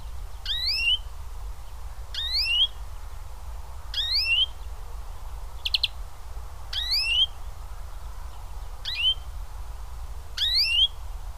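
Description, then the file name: European greenfinch repeating a rising, nasal upslurred call roughly every two seconds, six times, with a brief sharp triple tick midway over constant low rumble. "Chloris chloris"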